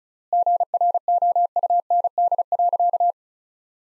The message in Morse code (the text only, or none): GROUND.